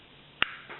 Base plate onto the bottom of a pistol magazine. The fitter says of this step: slide the base plate right on until it snaps into place